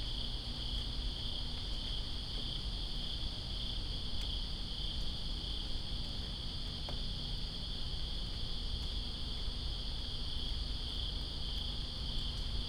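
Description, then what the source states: Cricket: continuous high, even trilling of crickets, layered over the broad hiss of rain and a few sharp taps. Crickets in rain, Greensboro, 2 September 2017.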